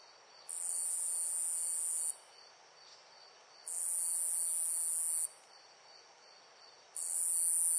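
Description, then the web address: High insect trill: loud, even buzzing bursts of roughly one and a half seconds with quieter lulls between them, the third burst cut off at the end, against a soft background hiss. Loud insect chirps in a nature ambience. "SFXBible ambience-nature-birds-loud-insect-chirps"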